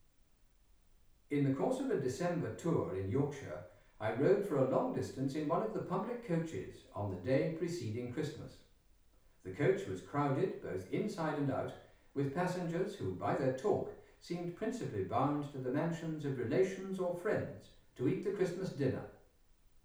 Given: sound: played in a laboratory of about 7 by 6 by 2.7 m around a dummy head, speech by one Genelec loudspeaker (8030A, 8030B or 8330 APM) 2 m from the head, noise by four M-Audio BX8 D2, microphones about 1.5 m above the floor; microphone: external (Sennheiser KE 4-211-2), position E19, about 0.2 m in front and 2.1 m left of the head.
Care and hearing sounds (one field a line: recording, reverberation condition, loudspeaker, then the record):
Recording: male speech in English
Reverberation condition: medium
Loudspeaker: in front (0 degrees)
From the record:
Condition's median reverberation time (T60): about 510 ms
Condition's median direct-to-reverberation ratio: about -0.5 dB